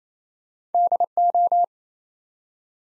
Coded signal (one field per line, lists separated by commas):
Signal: Morse code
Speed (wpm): 29 wpm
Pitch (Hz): 700 Hz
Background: none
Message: DO